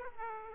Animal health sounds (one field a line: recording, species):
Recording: mosquito wingbeat signal from an infrared sensor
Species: Aedes aegypti